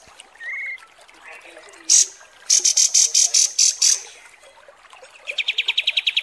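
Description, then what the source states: Kapas tembak song: a short buzzy whistle, then a series of loud piercing high notes, ending with a rapid rattling trill. Masteran training recording of kapas tembak song.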